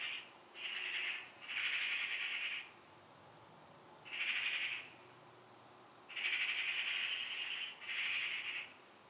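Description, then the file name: Eurasian magpie calling with a series of rasping, noisy screeches, some short and some drawn out, given in uneven bursts over nine seconds. "Pica pica"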